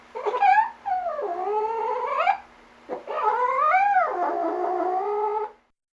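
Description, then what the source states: Cat giving long, plaintive wailing cries, two extended wavering yowls that rise and fall, separated by a brief pause. Light distress cry.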